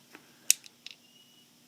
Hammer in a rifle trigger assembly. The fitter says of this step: lock in place there we go